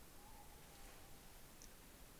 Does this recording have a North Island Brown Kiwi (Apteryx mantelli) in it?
no